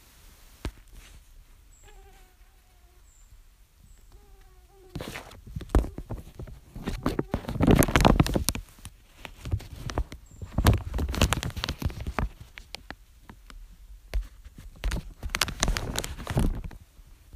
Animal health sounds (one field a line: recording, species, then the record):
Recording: mosquito flight sound by mobile phone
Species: Aedes sierrensis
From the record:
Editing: field recording with all noises